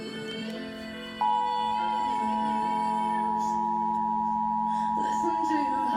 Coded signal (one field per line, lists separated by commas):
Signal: Emergency Alert System (SAME) tones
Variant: 853 and 960 Hz attention tone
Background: music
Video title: Required Monthly Test EAS #155